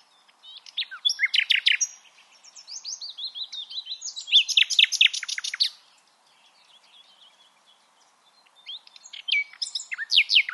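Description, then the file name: Common nightingale singing varied phrases of rapid repeated notes and rich trills, with a few seconds of near silence before a final burst. "Luscinia megarhynchos"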